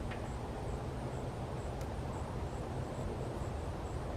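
Plastic MC4-style female and male solar panel cable connectors are handled as one is brought toward its mating connector, against a steady low outdoor rumble with a faint high whine. Nothing has seated or snapped in yet by the end of the clip.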